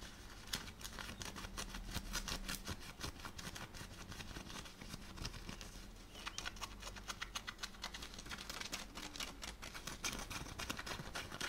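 Fabric scratching against denim and skin, a dense run of quick rasping strokes with brief clicks over a low steady rumble throughout.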